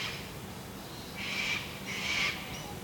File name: Sulphur-crested cockatoo